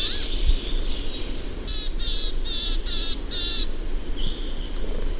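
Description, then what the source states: Willow tit giving a series of five harsh, nasal notes evenly spaced, over a constant hiss with faint chirps before and after. Warning-sounding 'chääpi' call.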